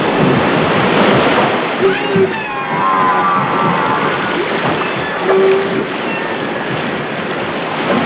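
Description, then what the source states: Humpback whale song units: brief steady tones and a stacked, gently sweeping moan around three seconds, partly buried under constant churning water noise. Australia.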